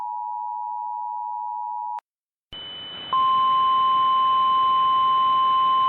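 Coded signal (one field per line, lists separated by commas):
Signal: Emergency Alert System (SAME) tones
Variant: 853 and 960 Hz attention tone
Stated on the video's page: Mock alert with valid tones, recreating a real Destructive Severe Thunderstorm Warning.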